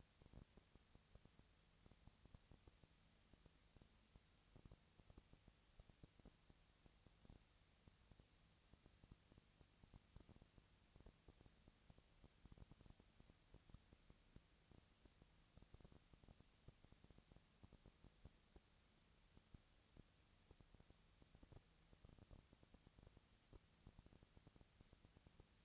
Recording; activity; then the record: daily activity, microphone in the room; no activity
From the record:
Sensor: 3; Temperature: 20.4 degrees Celsius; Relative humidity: 34.4%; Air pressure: 997.1 hPa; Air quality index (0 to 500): 205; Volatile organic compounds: 68 ppm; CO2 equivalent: 3500 ppm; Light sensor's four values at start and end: 2/3/2/2 and 2/3/2/2